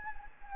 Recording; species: mosquito wingbeat signal from an infrared sensor; Anopheles gambiae